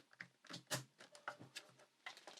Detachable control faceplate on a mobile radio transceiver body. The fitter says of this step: on the left, and so you can pop it out.